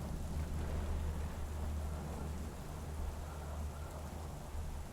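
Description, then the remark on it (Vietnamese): Steady, dense rain hisses throughout, layered over a constant deep rumble like rolling thunder, during a storm in which lightning strikes the roof of an abandoned house. The level stays fairly even the whole time, with no voices. “Một tiếng gào thét xé toạc không gian, nó hòa cùng với tiếng sấm tạo nên một âm thanh ghê rợn, làm hoang mang cả một vùng.”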